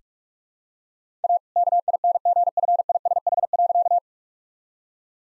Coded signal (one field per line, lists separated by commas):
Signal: Morse code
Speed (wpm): 46 wpm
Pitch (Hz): 700 Hz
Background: none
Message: A KINGFISH.